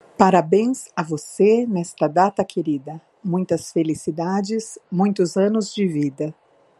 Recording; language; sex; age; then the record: short text; Brazilian Portuguese; female; 50 to 59 years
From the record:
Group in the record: control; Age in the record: 50 years